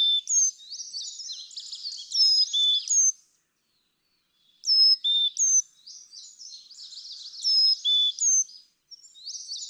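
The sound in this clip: Carolina chickadee repeating pure high-then-low whistled phrases in two bouts with a pause between, accompanied by rapid high chattering.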